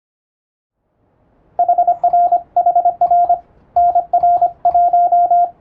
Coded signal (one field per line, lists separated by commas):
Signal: Morse code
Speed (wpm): 25 wpm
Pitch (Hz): 700 Hz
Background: none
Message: HRHR NR1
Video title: 無線電報形式の欧文モールス符号をエレキーで打ってみました！アマチュア無線の受信トレーニングにどうぞ！YouTubeの再生速度を調整して聴いてみよう(morse code practice)